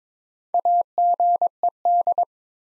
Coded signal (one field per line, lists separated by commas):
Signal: Morse code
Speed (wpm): 22 wpm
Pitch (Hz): 700 Hz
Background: none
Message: AGED